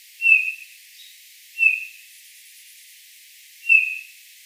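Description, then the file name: Eurasian bullfinch giving soft, mellow piping notes, three in all at uneven intervals, the last after a longer pause. "Pyrrhula pyrrhula"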